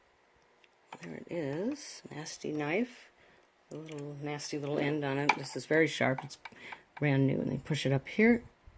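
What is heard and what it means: A brand-new, very sharp cutting knife on a serger is handled and pushed back toward its working position while someone talks. Faint brief ticks are heard near 0.6 and 0.7 seconds before the speech. Nothing has seated or clicked into place yet.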